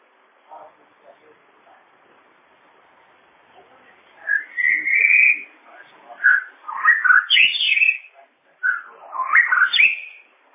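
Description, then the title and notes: Bird: soft scattered sounds at first, then a bird bursts into loud whistled song with long and twisting notes in several phrases. "Bird Sound. Kicau Burung Lengkap"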